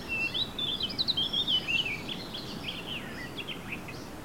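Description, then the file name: Eurasian blackcap song: a run of clear whistled notes sliding up and down for two seconds, followed by softer, fainter warbling. "Sylvia atricapilla"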